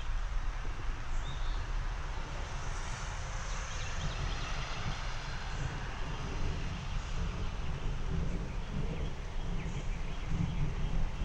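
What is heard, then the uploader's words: Low thunder rolls steadily beneath a dense wash of rain-like hiss, the rumble swelling in slow waves without any sharp cracks. The level stays nearly constant throughout, with faint higher chirps, possibly birds, appearing now and then. Slow rolling thunderstorm in the East Texas region.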